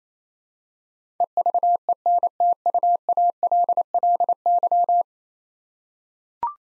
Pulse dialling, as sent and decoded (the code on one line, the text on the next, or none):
none